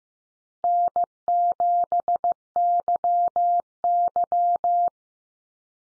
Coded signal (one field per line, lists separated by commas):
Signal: Morse code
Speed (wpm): 15 wpm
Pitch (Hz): 700 Hz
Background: none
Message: N7YY